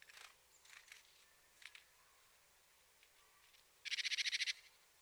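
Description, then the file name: Marsh tit giving a quick run of about a dozen buzzy notes near the end, after a few faint scattered calls over background hiss. "Poecile palustris"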